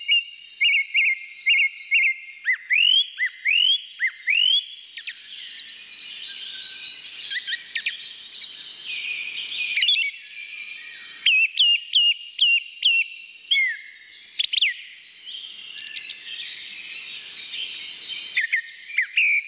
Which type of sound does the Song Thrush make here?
song